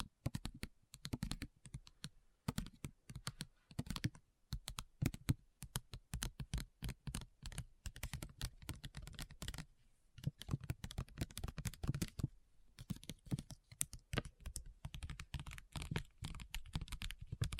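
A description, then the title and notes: Rapid, dense tapping clicks like keyboard typing run steadily throughout, with short pauses near two, four, ten and twelve seconds. ASMR Addictive Tapping. (No Talking).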